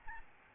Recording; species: mosquito wingbeat signal from an infrared sensor; Aedes albopictus